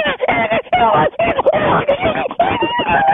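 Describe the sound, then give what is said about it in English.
A voice imitates a frenzied pack of wild dogs or hyenas, letting out high-pitched, wavering panic screams and yelps in rapid, choppy bursts for about three seconds. “It's a high-pitched panic scream that almost seems to disorient the predator at the time, or the prey at the time.”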